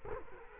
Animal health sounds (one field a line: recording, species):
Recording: mosquito wingbeat signal from an infrared sensor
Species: Culex quinquefasciatus